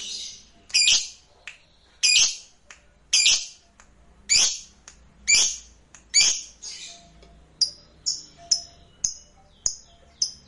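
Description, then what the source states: Lovebird calls, harsh high squawking bursts repeated about once a second, later becoming shorter, sharper chips. Lovebird sound said to work every time after a single playing.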